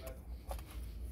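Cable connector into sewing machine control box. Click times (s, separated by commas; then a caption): 0.5 s, 0.6 s. A large vertical cable connector is pushed into the control box socket of a Juki DDL-9000C sewing machine. It gives two short, sharp clicks at 0.5 s and 0.6 s over a low background hum. The connector is seated and clicked in.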